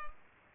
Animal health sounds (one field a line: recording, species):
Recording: mosquito wingbeat signal from an infrared sensor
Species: Culex quinquefasciatus